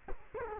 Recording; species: mosquito wingbeat signal from an infrared sensor; Culex quinquefasciatus